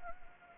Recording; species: mosquito wingbeat signal from an infrared sensor; Anopheles gambiae